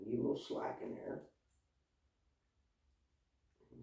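A plastic housing lid is lined up on the body of an oscillating multi-tool while the cord slack is arranged, before the lid is pressed closed. Someone talks for the first second or so, then near-silence follows with a faint rustle of handling at the end. Nothing has snapped or clicked into place yet.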